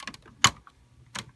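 A plastic leg panel on a Maketoys UTOPIA transforming robot figure is lifted and locked onto small hooks underneath. After a few faint plastic ticks, one loud, sharp click rings out at 0.4 s as the panel locks into place, followed by another softer tick near 1.2 s.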